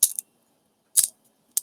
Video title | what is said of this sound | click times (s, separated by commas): Summer of Science 3 July 12, 2020 | You can hear those hooks clicking into each other, and then | 0.0 s, 0.2 s, 1.0 s, 1.6 s